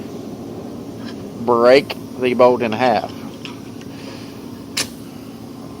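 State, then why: Stripped. A Pittsburg hand spline universal tool is turned hard on a metal bolt head to test its grip while someone talks. The tool suddenly gives with a sharp hit at 4.8 s, after faint knocks around 3.5 and 3.8 s. The fastener has stripped, its head rounded off under the spline tool.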